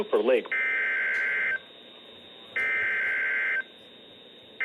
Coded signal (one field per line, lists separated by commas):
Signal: Emergency Alert System (SAME) tones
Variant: header bursts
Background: speech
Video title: Severe thunderstorm warning (EAS #165) (Radios: midland wr400, wr120EZ) 5-10-21